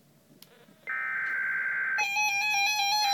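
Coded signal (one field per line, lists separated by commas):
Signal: Emergency Alert System (SAME) tones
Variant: header bursts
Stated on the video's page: Real tornado warning broadcast from the uploader's own SAGE ENDEC.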